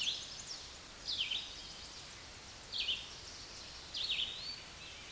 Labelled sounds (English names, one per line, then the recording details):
Red-eyed Vireo song
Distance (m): 20 m
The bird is about 10 m above the microphone
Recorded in a Pennsylvania forest on 16 May 2024 at 08:35
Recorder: AudioMoth, point MSD-2258
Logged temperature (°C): 15.2 °C
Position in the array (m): 157 m, 67 m